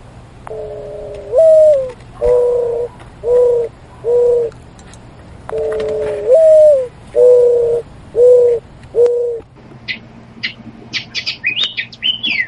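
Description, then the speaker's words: Mourning Dove cooing: a long, rising coo followed by three shorter coos, the phrase given twice, then brief high chirping notes from another bird at the end. Mating calls given in May, during spring. "At this time in May, mourning doves are doing their mating calls"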